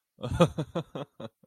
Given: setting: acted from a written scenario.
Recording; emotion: vocal sound without words; amusement